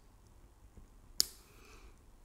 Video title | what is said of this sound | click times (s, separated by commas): Omega Seamaster Planet Ocean - My Skyfall Watch Review | just cleanly clicks back in now the newer models i believe or the | 1.2 s